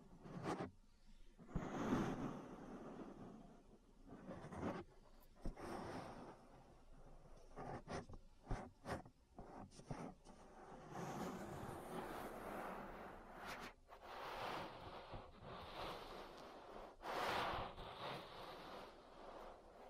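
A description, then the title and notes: An ear massage: soft rubbing and brushing against the microphone in uneven swells, broken by sharp taps and crackles, especially between five and ten seconds. Later the rubbing turns denser and more continuous, with stronger sweeping strokes near twelve and seventeen seconds. ASMR Relaxing Ear Massage. (No Talking).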